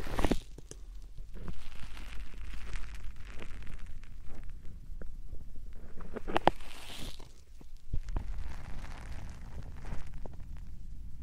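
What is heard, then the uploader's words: Soft puffs of air come in irregular bursts, with a whooshy hiss rising in the upper range around the start, near three seconds, and most strongly around six to seven seconds. Low rumbling and scattered clicks and knocks run underneath throughout. 말없이 3가지의 퍼프로 귀를 토닥토닥 해드려요 puff sound.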